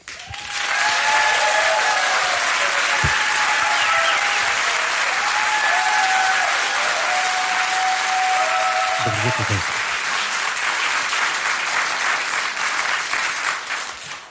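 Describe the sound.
An audience in the Agnieszka Osiecka studio of Polish Radio Trójka applauds steadily and loudly for about fourteen seconds, a dense, even wash of many clapping hands with a few voices mixed in, holding its level before easing slightly at the end.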